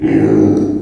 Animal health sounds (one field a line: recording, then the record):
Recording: squeal of a Yucatan mini pig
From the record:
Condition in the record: before surgery on the right vocal fold (resection and tissue-engineered implant)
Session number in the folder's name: 3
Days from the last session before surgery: 0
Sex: female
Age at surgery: 19 weeks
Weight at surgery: 25 kg